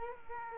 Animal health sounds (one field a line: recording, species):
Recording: mosquito wingbeat signal from an infrared sensor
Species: Culex quinquefasciatus